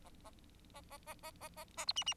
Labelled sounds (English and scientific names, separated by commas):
Bengalese Finch (Lonchura striata domestica) song